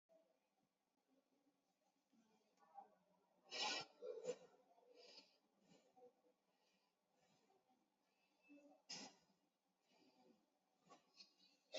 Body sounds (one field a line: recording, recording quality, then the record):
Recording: shallow breathing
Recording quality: excellent, no background noise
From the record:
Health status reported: COVID-19 positive, mild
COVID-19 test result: positive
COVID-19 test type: RT-PCR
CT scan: taken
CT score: 0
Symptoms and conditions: cough, cold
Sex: male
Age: 30 years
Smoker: no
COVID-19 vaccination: both doses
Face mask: worn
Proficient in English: yes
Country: India